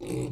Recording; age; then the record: pig call; weaner (32 to 43 days)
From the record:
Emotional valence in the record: negative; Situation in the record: short isolation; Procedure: open field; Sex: female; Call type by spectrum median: low-frequency call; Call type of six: low-frequency stable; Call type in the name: low-frequency stable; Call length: 0.32 s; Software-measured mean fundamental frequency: 62 Hz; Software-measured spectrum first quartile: 213 Hz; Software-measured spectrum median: 380 Hz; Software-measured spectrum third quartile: 1053 Hz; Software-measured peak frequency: 319 Hz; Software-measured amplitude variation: 104 dB a second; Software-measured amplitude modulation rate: 20.6 a second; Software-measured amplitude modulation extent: 5.1 dB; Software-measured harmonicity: 4.3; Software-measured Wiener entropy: -1.67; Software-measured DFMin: 1384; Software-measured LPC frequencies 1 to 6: 360, 2274, 2640, 3743, 4419, 5412 Hz